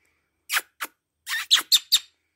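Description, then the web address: Myna uttering a run of six squeaky, speech-like syllables, the last three clipped and evenly spaced. Talking myna imitating speech. "صدای صحبت مرغ مینا"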